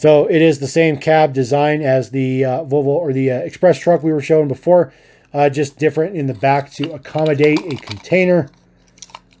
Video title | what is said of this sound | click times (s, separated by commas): Diecast Haul Episode 4 - Part 1 - Hotwheels and Matchbox Additions | the container just snaps right in there | 9.0 s, 9.2 s